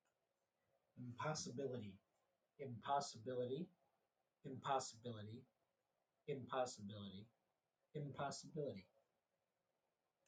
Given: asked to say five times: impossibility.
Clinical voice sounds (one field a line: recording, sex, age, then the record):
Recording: repeated word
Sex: male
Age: 40 to 49 years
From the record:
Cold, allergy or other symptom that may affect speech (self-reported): no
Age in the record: 42 years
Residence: Illinois, United States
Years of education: 13